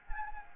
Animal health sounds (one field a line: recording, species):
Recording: mosquito wingbeat signal from an infrared sensor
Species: Anopheles gambiae